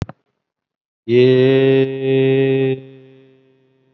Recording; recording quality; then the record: sustained vowel as in made; excellent, no background noise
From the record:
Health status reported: COVID-19 positive, moderate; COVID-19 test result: positive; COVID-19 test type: RT-PCR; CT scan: not taken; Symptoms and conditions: cough, cold, breathing difficulty, fatigue, muscle pain, diabetes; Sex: male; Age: 53 years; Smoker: no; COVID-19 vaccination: one dose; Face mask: worn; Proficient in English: no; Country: India